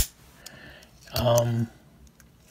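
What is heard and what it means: A folding pocket knife blade is opened until its steel ring lock engages, locking it open in the handle. A sharp snap is heard at 0.5 s, and someone talks briefly around 1.2–1.7 s. The blade is seated in the locked open position, and the lock holds firm with no blade wobble.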